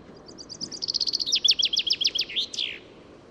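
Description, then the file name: Common chaffinch song phrase: thin high notes speed into a trill, drop into a sequence of emphatic descending notes, and finish with a brief downward-sweeping flourish. "Fringilla coelebs"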